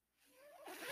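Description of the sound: A brief, rising whoosh of air, under a second long, with a faint whistle that slides upward as the airflow builds: a home mechanical ventilator delivering a breath to its user, an ordinary working noise of the device.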